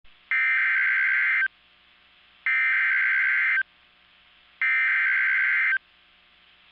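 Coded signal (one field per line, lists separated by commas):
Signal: Emergency Alert System (SAME) tones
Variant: header bursts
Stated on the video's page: Real EAS broadcast for a severe thunderstorm watch/warning issued by the National Weather Service for northeastern Oklahoma.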